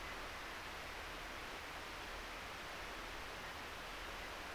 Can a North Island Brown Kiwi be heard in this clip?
no